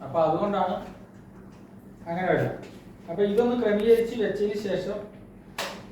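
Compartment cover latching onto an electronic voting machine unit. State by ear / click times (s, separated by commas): seated / 5.6 s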